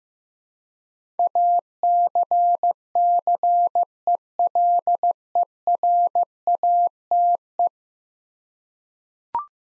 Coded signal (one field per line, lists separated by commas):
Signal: Morse code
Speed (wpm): 15 wpm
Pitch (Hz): 700 Hz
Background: none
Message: ACCELERATE